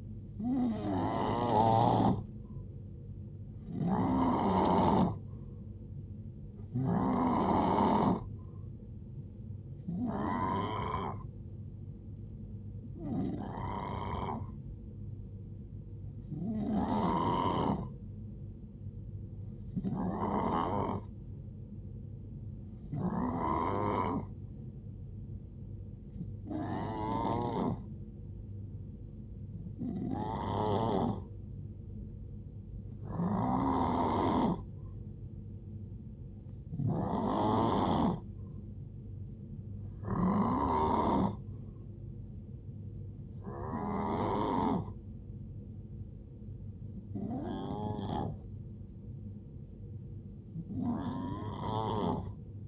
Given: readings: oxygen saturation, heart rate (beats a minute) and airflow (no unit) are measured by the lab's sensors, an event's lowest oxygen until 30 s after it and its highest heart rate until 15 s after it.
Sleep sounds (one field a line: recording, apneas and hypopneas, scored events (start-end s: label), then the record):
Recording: breathing in sleep by a smartphone at the bedside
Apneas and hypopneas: 1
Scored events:
10.00-21.10 s: hypopnea (N2, oxygen 91% highest, then 88% lowest, heart rate 58 at the start, 72 highest)
36.00-52.68 s: new sleep stage, N3 (deep sleep)
From the record:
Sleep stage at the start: N2 (light sleep)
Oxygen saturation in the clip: 88 to 91%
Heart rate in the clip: 57 to 72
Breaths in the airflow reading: 16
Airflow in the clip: -9.1 to 6.6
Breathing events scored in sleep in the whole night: 389 in 6.3 hours asleep